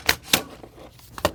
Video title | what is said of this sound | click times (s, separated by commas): Smith & Wesson M&P FPC Trigger Spring Kit Installation – Step by Step Guide | Stock. You push this in. You'll hear a click. | 0.3 s